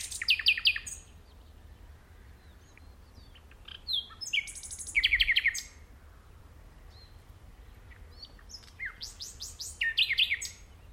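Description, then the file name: Common nightingale song in several short phrases of rapid rattling and sharp slurred notes, with pauses of a few seconds between them. "Luscinia megarhynchos"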